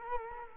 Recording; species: mosquito wingbeat signal from an infrared sensor; Culex quinquefasciatus